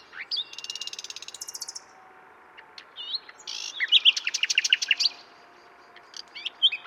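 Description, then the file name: Common nightingale with a buzzy rattling trill, a high whistle, then a loud burst of rapid repeated notes and scattered chips. "Luscinia megarhynchos"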